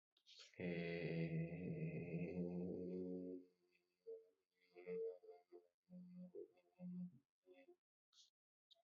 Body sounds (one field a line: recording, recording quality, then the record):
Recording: sustained vowel as in made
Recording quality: excellent, no background noise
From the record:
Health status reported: healthy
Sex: male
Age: 25 years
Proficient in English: yes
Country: India